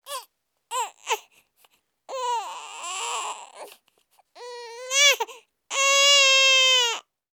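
A baby cries in a run of bursts: short whimpers first, then three longer wails with a high, clear, strained pitch around 500 Hz. This is ordinary infant crying, with no clear background noise.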